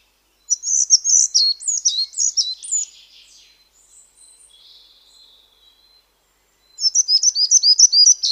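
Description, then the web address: Semicollared flycatcher song: a run of high, thin, quick descending whistled notes, a pause with faint softer notes, then the rapid high series resumes. "Schulze Peter Semicollared Flycatcher"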